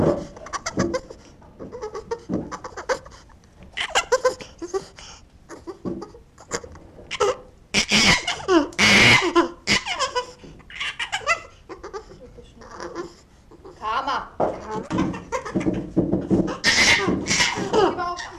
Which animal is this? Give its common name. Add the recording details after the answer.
Chimpanzee. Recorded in captivity. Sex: diverse. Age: diverse. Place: Tierpark Berlin, Berlin, DE. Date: 1966-04-23. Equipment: Grundig TK 1 Luxus. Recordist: unbekannt, keine Angabe. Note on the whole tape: Schimpansin "Simone" aus Käfig geholt, ängstlich, klammert sich an Pflegerin, dann Schimpanse "Tim", zeigt Angst, als er vors Mikrofon gehalten wird. Aufnahmezeit: 7.30-9.00 Uhr